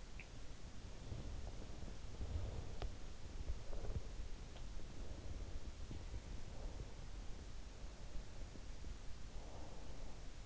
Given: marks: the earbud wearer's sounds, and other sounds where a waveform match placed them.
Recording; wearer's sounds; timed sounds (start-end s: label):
sounds in sleep by an in-ear microphone; swallowing, breath
0.00-0.40 s: swallowing
0.84-2.85 s: breath
3.12-4.41 s: breath
4.77-8.58 s: breath
9.06-10.45 s: breath